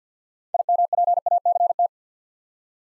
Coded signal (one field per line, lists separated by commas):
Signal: Morse code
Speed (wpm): 46 wpm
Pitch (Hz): 700 Hz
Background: none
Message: IMPACT